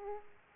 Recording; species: mosquito wingbeat signal from an infrared sensor; Aedes aegypti